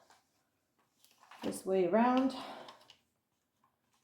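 A plastic floor brush attachment is handled at the hose and wand end of a Eureka Whirlwind bagless canister vacuum cleaner while someone talks. A few faint handling ticks are heard under the speech. The brush has not yet seated or clicked onto the wand.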